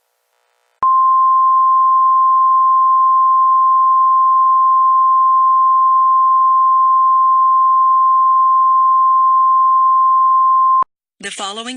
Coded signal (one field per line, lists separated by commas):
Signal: Emergency Alert System (SAME) tones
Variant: 1050 Hz attention tone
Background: speech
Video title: EAS | Trumpbola